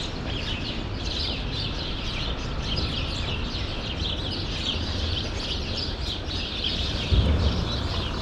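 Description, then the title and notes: Sparrow flock giving rapid, overlapping chirps without pause; a dull thump near the end over a low background rumble. Sparrows in a grove at Rue Saint-Jean Népomucène, Brussels, Belgium; recorded with Earsight V2 AB microphones into a Mixpre-3. "Rue Saint-Jean Népomucène 13, 1000 Bruxelles, Belgique - Sparrows - Moineaux. Moineaux dans un bosquet. Sparrows in a grove"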